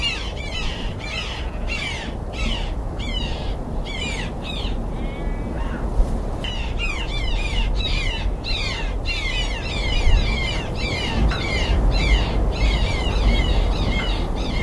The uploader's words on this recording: Jackdaw chicks. Camber Castle is home to many pairs of jackdaws and most nests have now hatched. These chicks are in a hole above the main entrance and sound quite old.